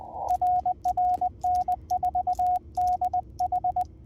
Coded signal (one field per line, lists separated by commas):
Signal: Morse code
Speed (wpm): 20 wpm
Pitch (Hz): 720 Hz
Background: radio noise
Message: RR N4DH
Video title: Is POTA a "gateway" into contesting? +POTA activation US-4206